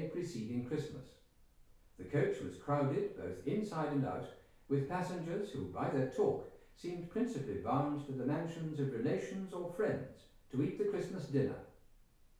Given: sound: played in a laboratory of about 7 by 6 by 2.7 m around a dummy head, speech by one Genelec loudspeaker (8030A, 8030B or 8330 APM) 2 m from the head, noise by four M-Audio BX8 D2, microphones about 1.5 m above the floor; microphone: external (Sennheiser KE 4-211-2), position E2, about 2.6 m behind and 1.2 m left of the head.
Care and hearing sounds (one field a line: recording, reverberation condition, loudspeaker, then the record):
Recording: male speech in English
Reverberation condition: medium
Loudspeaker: 90 degrees to the left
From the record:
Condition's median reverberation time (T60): about 510 ms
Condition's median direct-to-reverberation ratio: about -0.5 dB